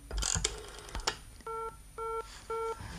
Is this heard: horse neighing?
no